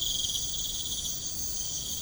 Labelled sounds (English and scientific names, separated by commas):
none